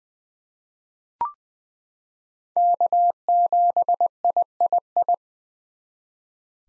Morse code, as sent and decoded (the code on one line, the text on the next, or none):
-.- --... .. .. ..
K7III